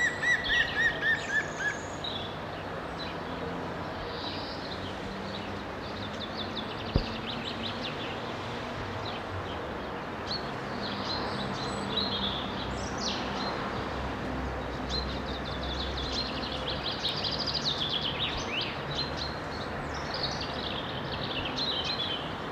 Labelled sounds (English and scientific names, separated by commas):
Common Chaffinch (Fringilla coelebs) song